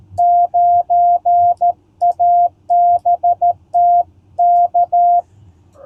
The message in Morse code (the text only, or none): 9ABT K